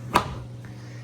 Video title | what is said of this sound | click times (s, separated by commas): Milwaukee PACKOUT 3 piece tool box low profile handle UNBOXING and REVIEW! | Now all you do is push it in. You're gonna hear it click. | 0.2 s